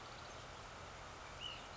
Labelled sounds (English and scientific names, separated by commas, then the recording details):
Ash-throated Flycatcher (Myiarchus cinerascens)
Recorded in Sonoma County, California